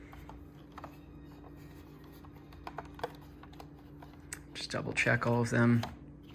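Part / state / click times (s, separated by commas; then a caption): climate control panel housing tabs into front bezel / not seated / none. Tabs of a plastic climate control panel housing from an Audi B6/B7 A4/S4/RS4 are pressed one by one into the front bezel to double-check their seating, giving a few faint taps and clicks over a low steady hum before someone talks near the end. Nothing has seated or clicked home yet.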